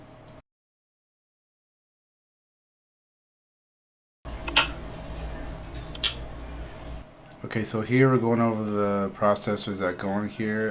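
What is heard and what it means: A DDR4 RAM stick is pressed down into a motherboard DIMM slot in an HP EliteDesk 800 G2 until its two side clamps snap shut. After a faint sound and a stretch of near silence, paired sharp clicks ring out at 4.5 and 4.6 seconds as the module seats. Someone then talks over a low background hum.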